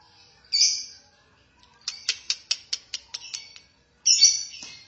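Lovebird calls: a harsh high screech, then a rapid series of several sharp clicking chips, followed by another loud screech.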